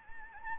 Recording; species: mosquito wingbeat signal from an infrared sensor; Anopheles gambiae